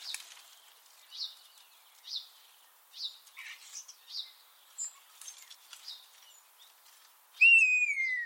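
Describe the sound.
Common starling calls: short rising-falling chirps repeated about once a second, ending in a loud, clear whistle sliding downward.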